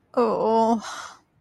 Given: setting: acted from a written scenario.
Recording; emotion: vocal sound without words; guilt